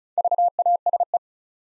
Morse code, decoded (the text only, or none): VASE